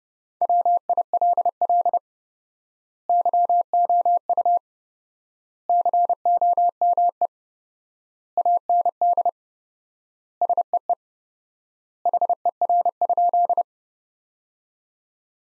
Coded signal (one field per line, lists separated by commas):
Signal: Morse code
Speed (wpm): 32 wpm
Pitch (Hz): 700 Hz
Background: none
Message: WILL YOU COME AND SEE HER?